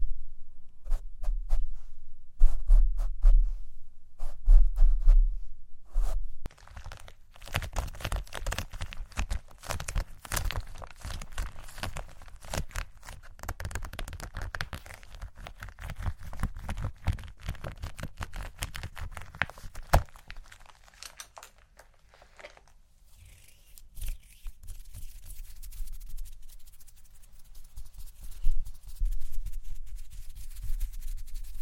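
Mic brushing and tapping: heavy low thumps dominate the first six seconds, then dense scratchy brushing with sharp clicks and rustles runs through the middle. After about 22 seconds it thins into a softer, hissing rub with scattered taps.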